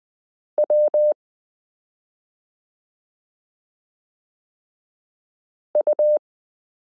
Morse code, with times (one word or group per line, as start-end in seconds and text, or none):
0.6-1.1 W
5.8-6.2 U